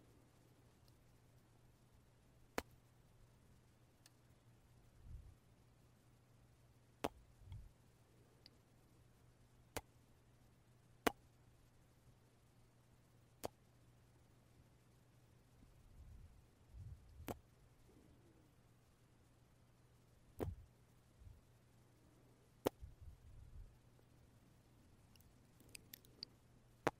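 Mouth sounds and kisses: sharp, isolated smacks land every few seconds, about eight over the clip, with soft low mouth noises and brief murmurs between them. A steady low hum runs underneath throughout, and a cluster of small clicks closes the clip.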